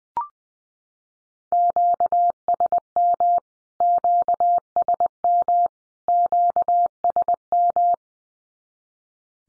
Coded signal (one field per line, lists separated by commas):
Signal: Morse code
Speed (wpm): 20 wpm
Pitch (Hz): 700 Hz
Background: none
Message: QSM QSM QSM